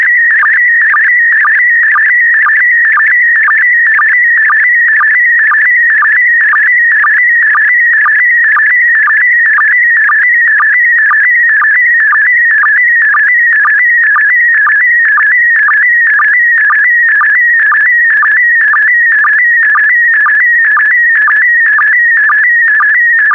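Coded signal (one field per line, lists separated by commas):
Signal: SSTV (slow-scan television)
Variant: PD120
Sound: continuous warbling whistle with regular short low blips, steady rhythm throughout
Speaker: complete. You can now check your decoded image against the picture that is shown on the video.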